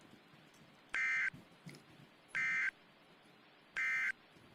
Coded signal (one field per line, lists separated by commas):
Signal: Emergency Alert System (SAME) tones